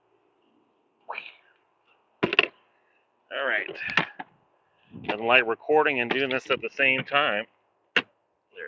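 An EV charging connector is pushed into a vehicle's charge port while someone talks, with a few short knocks around 2.4 s. A sharp click at 8.0 s marks the connector seating in the port, and charging is then awaited.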